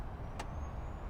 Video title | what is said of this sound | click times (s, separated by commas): Driving A Flooded Allante 1,500 Miles Home | you heard the latch yeah soft close for the trunk | 0.4 s